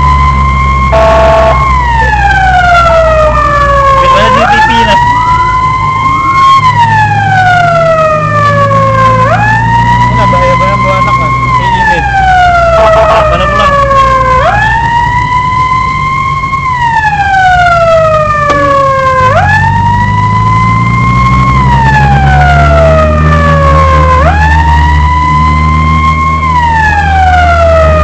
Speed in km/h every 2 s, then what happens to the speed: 49, 45, 41, 38, 41, 47, 45, 42, 32, 22, 30, 41, 41, 43.
0-5 slows to 38. 5-11 speeds up to 47. 11-18 brakes to 22. 19-22 speeds up to 41. 22-28 steady at about 41.